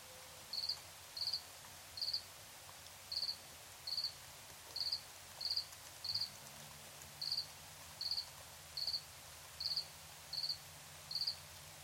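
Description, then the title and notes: Cricket with repeated brief pulsed chirps over a soft constant hiss. Nighttime recording in Tiny, Ontario. "Crickets and coyotes. Tiny, Ontario. Anton Pickard"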